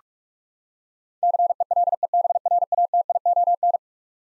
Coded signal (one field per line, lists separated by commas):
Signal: Morse code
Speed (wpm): 46 wpm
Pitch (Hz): 700 Hz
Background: none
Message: CELEBRATION